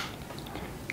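A motorcycle intercom unit is slid down into its plastic helmet-mounted base, with a soft, low sliding rustle and a faint tick around 0.5 s. It snaps home with a sharp click at 0.9 s, seated in place.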